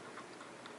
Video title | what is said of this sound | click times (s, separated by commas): Play Arts Super Street Fighter IV Sakura Figure Unboxing and Review | but one little click | 0.7 s